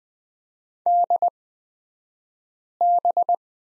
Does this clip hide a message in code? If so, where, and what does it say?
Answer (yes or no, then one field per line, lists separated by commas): yes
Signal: Morse code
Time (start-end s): 0.9-3.3 s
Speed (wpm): 20 wpm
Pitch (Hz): 700 Hz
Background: none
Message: DB